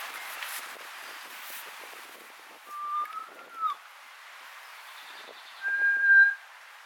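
Kōkako song: a drawn-out whistle that rises slightly and then drops at its end, a short pause, then a higher, bright, sustained note, over soft background noise.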